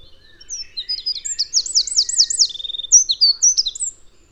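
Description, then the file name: Eurasian wren song: high chips, then fast looping trills, a buzzy rattle and a handful of sharp closing notes. "Troglodytes troglodytes"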